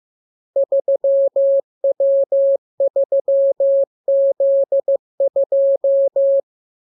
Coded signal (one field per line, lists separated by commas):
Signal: Morse code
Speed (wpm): 15 wpm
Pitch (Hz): 550 Hz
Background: none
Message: 3W3Z2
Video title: Learning Morse Code. Lesson 34. Letter KMURESNAPTLWI.JZ=FOY,VG5/Q92H38B?47